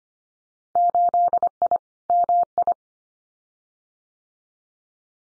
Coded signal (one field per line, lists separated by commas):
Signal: Morse code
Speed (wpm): 25 wpm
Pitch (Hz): 700 Hz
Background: none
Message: 8I MI